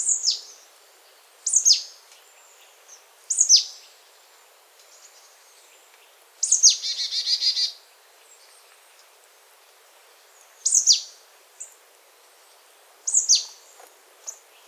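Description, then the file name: Marsh tit calling: crisp, high descending notes spaced a few seconds apart, plus one longer harsh buzzy phrase in the middle. "Poecile palustris"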